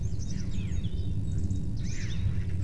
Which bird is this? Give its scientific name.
Parus major